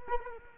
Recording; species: mosquito wingbeat signal from an infrared sensor; Culex quinquefasciatus